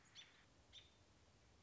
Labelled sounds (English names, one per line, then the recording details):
American Robin
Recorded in Sonoma County, California